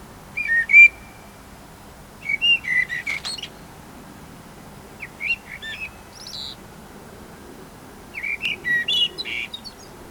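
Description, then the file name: Eurasian blackbird giving short clear whistled phrases with higher twittering ends, in four bouts separated by pauses of a few seconds. "Turdus merula"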